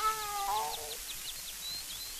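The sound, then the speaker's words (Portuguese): A tabby cat walking in a backyard gives one drawn-out, mid-pitched meow that slides downward as it fades after about a second, while faint, evenly spaced high chirps continue softly in the background. “Um gato malhado passeia no quintal.”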